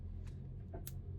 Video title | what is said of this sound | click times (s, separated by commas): Sprinter Gear Rail and USB Power Socket Install | he the other side click what you want to make sure is engaged are these side clips | 0.9 s